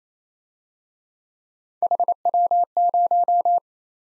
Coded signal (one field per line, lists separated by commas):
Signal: Morse code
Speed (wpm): 32 wpm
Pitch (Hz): 700 Hz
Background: none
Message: HW0